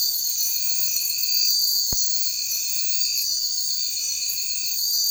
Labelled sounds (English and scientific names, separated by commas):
none